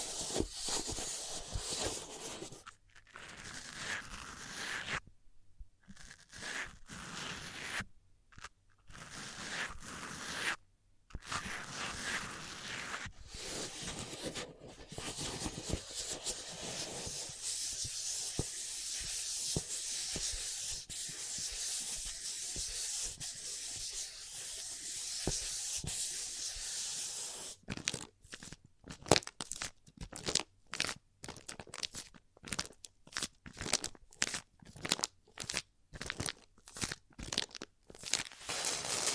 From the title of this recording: ASMR 100+ Hypnotizing Triggers